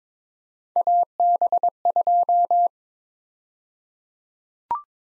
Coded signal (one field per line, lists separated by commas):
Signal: Morse code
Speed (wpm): 22 wpm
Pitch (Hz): 700 Hz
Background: none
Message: AB2